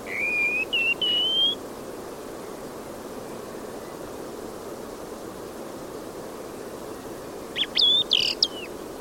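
Bird calling with thin, whistled notes that rise in short steps, then after a pause a burst of sharp, sliding whistles, over steady background hiss.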